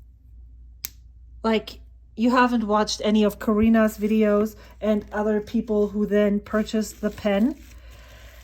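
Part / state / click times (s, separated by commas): pen cap onto fountain pen body / seated / 0.9 s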